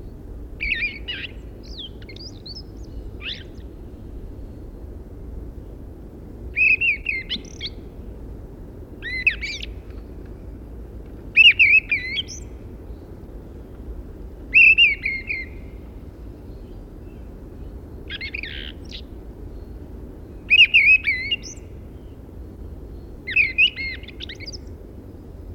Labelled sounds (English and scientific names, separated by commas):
Fieldfare (Turdus pilaris) song